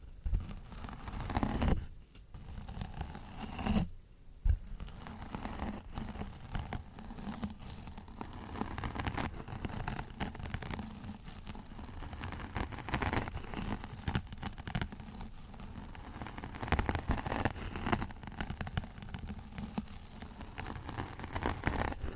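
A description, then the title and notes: Rough, dense scratching rasps on almost without pause, with brief tearing-like bursts, two short silent gaps near two and four seconds, and a low rumble. Lots of scratching and rough textures.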